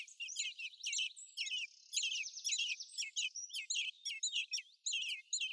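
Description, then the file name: Eurasian blackbird chattering, quick squeaky call notes over a thin buzzing trill running through the middle. "Turdus merula"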